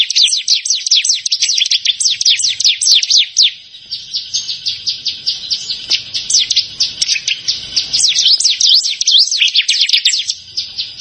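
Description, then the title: Bar-winged prinia song of hurried, piercing chirps strung closely together, with a short gap of softer notes early on, then resuming at full pace. "Ciblek Sawah"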